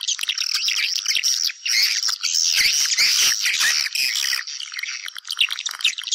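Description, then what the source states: High, rapid swiftlet chirps and warbling trills overlap in a crowded chorus, with brief pauses between bursts. Lure sound used to attract swiftlets for nest farming.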